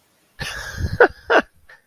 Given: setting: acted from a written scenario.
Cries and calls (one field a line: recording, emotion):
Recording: vocal sound without words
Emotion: amusement